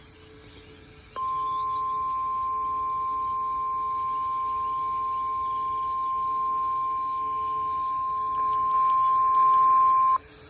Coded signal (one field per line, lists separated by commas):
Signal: Emergency Alert System (SAME) tones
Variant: 1050 Hz attention tone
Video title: Severe Thunderstorm Warning on WXL60 || EAS 135